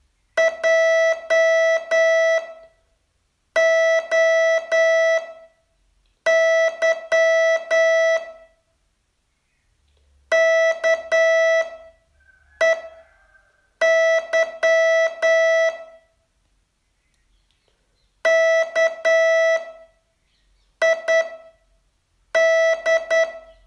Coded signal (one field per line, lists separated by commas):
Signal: Morse code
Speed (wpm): 10 wpm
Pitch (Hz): 660 Hz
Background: none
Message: JOY KEY KID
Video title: Learn Morse in 42 Days from VU2LAU - day 36 test 2